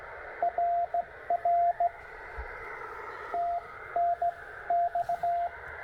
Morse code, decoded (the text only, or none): RR TNX